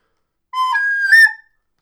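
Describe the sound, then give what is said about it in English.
A person whistles a short two-note call, a steady lower tone sliding up into a higher one, lasting about a second with no talking. “If we need you, I'll whistle.”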